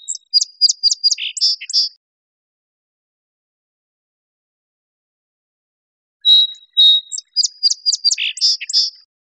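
Song sparrow song, two songs separated by a few seconds of silence, each a mix of clear notes, rapid chips and trills.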